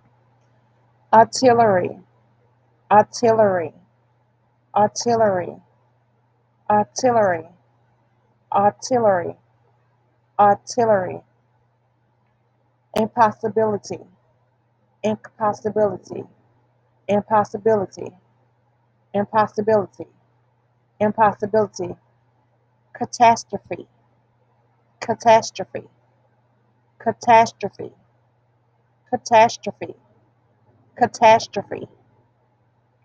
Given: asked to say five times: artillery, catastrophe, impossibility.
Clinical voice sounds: three words, each repeated; female; 30 to 39 years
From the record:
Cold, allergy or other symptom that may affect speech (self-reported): no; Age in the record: 34 years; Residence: Georgia, United States

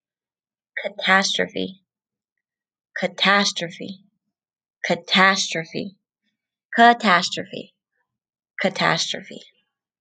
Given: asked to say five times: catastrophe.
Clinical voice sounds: repeated word; female; 20 to 29 years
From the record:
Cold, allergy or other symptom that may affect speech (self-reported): no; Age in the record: 28 years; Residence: Colorado, United States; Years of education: 12

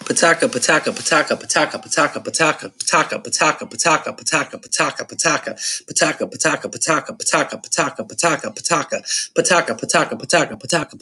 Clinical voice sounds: repeated syllables /pa ta ka/; male; 40 to 49 years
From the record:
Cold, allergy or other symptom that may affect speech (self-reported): no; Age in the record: 40 years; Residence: District of Columbia, United States

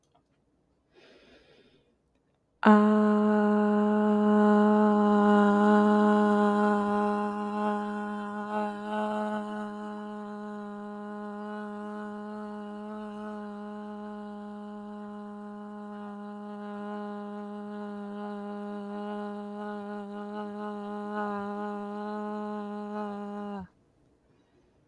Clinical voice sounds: vowel held as long as possible; female; 20 to 29 years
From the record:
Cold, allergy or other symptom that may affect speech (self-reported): no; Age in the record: 29 years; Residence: Wisconsin, United States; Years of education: 21

